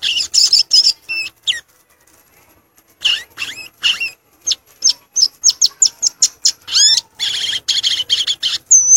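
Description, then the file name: Violaceous euphonia song: chattering bursts and hooked, slurred notes, a brief pause, then a quick string of sharp high chips and a buzzy rattle. "canto do gaturamo verdadeiro"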